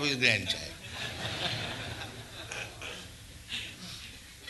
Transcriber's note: laughter